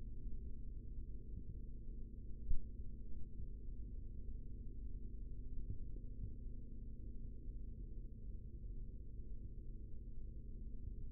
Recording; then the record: forearm muscle sounds (acoustic myography)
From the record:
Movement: rest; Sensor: system 3, bracelet of six PUI Audio POM-2738L microphones around the upper forearm, with dedicated amplification and filtering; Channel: 4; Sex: male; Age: 56 years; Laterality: right